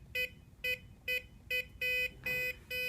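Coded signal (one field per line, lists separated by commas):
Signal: beep code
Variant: SecuRam SafeLogic safe lock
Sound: four short buzzy keypad beeps, then three longer beeps, the last one cut off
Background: small room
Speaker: you'll see it gives you three beeps and this light lights up three times that's an indication of an incorrect code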